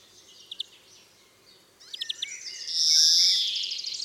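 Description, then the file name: European greenfinch giving a few short chirps and a brief rattled twitter, followed by a drawn-out nasal wheeze with faint twittering behind it. "Chloris chloris"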